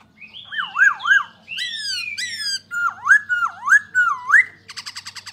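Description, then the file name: Black-throated laughingthrush singing loud, looping whistled phrases that dip and rise, with harsher notes between and a fast rattling trill at the end. "Pterorhinus chinensis"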